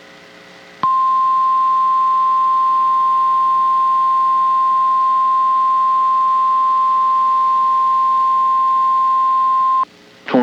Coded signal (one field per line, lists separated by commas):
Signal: Emergency Alert System (SAME) tones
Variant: 1050 Hz attention tone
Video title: Tornado Warning (Indian River and Brevard Counties, FL) (10/9/24) [EAS #81]